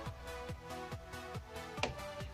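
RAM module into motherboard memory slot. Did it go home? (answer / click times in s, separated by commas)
yes / 1.8 s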